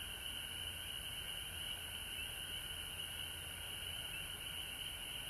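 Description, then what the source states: Massed frogs calling without pause, with a faint low hum beneath. Recorded at home in Georgia on March 19, 2020.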